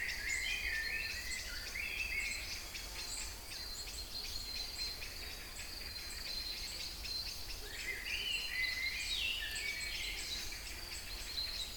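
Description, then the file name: Songbirds sing rising, chirping phrases early and late, set against a constant high insect-like drone and hiss. Kouri Forest, Thessaloniki (Salonika), Greece; recorded 22 05 12 at 18:35. "Singing Birds Kouri Forest Salonika 22 05 12 18 35"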